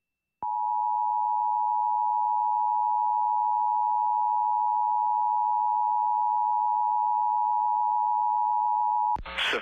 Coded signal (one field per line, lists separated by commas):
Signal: Emergency Alert System (SAME) tones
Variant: 853 and 960 Hz attention tone